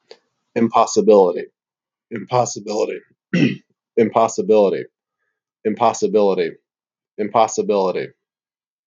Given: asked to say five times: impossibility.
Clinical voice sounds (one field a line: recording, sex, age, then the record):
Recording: repeated word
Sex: male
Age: 30 to 39 years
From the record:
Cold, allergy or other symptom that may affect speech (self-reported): no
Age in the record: 37 years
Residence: Virginia, United States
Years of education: 18